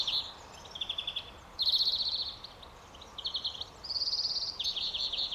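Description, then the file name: European greenfinch delivering quick rattled trills, several short bursts in succession, one rising slightly higher, over a low constant hiss. "Chloris chloris"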